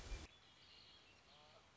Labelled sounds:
Red-winged Blackbird
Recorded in Sonoma County, California

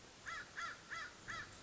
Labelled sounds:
American Crow
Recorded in Sonoma County, California

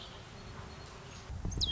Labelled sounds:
Red-winged Blackbird
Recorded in Sonoma County, California

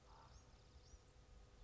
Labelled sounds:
Common Raven
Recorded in Sonoma County, California

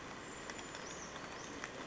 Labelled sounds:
Brown Creeper
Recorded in Sonoma County, California

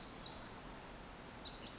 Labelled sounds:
Pacific Wren
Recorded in Sonoma County, California

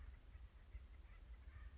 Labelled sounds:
Acorn Woodpecker
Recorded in Sonoma County, California

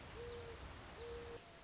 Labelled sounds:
Mourning Dove
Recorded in Sonoma County, California

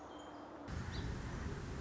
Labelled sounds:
Song Sparrow
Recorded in Sonoma County, California

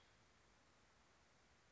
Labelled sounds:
Western Tanager
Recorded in Sonoma County, California

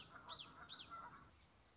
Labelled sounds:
Common Yellowthroat
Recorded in Sonoma County, California

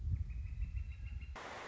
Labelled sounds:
Northern Flicker
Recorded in Sonoma County, California

